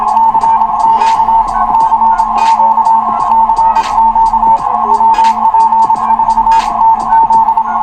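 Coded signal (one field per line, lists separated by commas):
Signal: Morse code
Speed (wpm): 27 wpm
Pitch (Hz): 900 Hz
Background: none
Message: CQ CQ CQ WP4TZ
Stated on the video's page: Casual 40 m CW contacts from Puerto Rico, including a DXpedition station.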